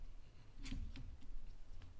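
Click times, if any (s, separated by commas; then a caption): none. A new windshield wiper blade is handled and slid toward the hook of a Jeep Renegade's wiper arm, making a few faint, light taps and scrapes over a low background rumble. Nothing has seated or clicked yet.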